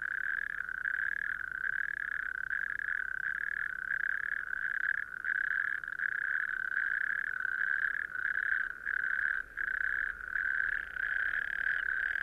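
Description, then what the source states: Natterjack toad chorus: long, rapid rattling trills repeating in close succession, forming a nearly unbroken loud churring. Native Irish natterjack toads in sand dunes, west Kerry, southwest Ireland; calls carry far, usually start 7-8 pm, really from 9-10 pm at dusk, lasting until 1-4 am if not too cold.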